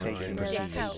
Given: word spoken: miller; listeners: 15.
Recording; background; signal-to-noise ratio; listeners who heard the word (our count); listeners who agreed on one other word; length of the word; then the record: one English word in noise, from a listening test; four-talker babble; -2.7 dB; 0 of 15; 6 of 15; 0.58 s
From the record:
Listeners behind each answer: 6, 3, 1, 1, 1, 1, 1, 1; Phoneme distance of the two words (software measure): 27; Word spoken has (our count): 2 syllables, 4 phonemes, stress on syllable 1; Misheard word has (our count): 1 syllable, 3 phonemes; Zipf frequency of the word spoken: 4.12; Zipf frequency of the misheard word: 4.94